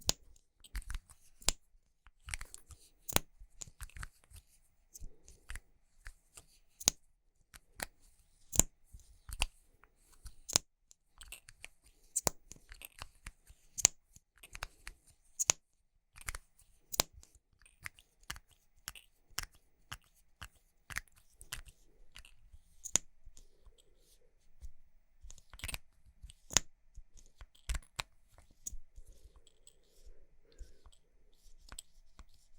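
Tapping and scratching on makeup items, with sharp, bright clicks scattered irregularly across the whole half minute, several per second at times. Between the taps come soft, crackly scratching and rustling sounds, and quiet gaps separate some bursts.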